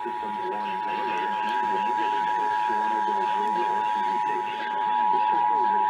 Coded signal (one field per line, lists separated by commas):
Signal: Emergency Alert System (SAME) tones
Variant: 853 and 960 Hz attention tone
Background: speech